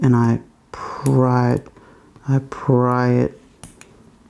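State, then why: Released. Someone talks while a safety pin pries the metal battery retaining clip inside a G-Shock wristwatch case. The clip pops open with a sharp click at 3.6 s, followed by a softer tick just after, releasing it.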